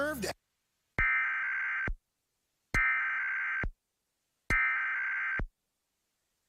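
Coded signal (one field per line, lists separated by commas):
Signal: Emergency Alert System (SAME) tones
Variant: header bursts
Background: speech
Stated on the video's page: Iowa state EAS tests, recorded from broadcast stations including TV channels.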